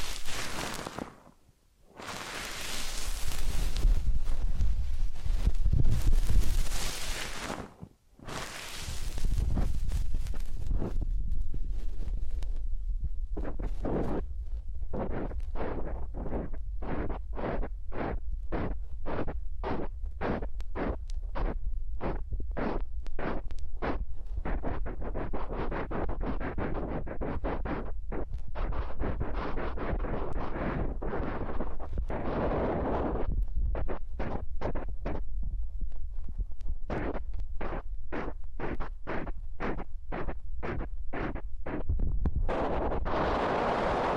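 An ear-cleaning and massage session opens with loud, rushing rubs against the microphone, broken by two brief silences near 2 and 8 seconds. From about 10 seconds on, quick, regular brushing strokes repeat several times a second, steady until a brighter rub closes it.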